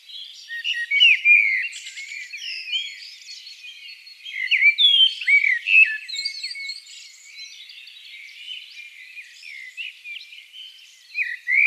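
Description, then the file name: Common blackbird singing fluty, warbling phrases that end in thin, scratchy twitters, with quieter lulls between them and another burst at the end. "Turdus merula"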